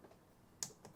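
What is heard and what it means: A click-type belt tension gauge is pressed down on a motorcycle drive belt during a repeat tension measurement until it clicks at its setting. A sharp, bright click sounds at 0.6 s, followed by a fainter tick at about 0.9 s over a quiet background. The gauge has clicked at its setting, ready to be read.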